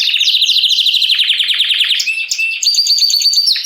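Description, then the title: Canary song: fast rolling trills and chattering rattles, shifting into steady high whistled notes and sharp chips near the end. Male Belgian canary named Raiden singing a lot; played to warm up young canaries. "Esquente Seu Filhote E Canario Belga Em 30 Minutos Macho Cantando Muito. Canrio Belga RAIDEN Cantando Muito - Esquente seu Canrio Belga"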